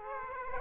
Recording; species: mosquito wingbeat signal from an infrared sensor; Aedes aegypti